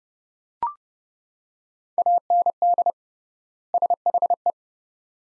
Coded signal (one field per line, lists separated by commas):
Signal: Morse code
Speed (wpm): 30 wpm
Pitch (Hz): 700 Hz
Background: none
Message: AND SHE